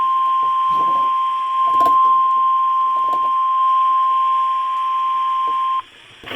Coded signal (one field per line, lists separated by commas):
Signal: Emergency Alert System (SAME) tones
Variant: 1050 Hz attention tone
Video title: EAS 1226 TOA #16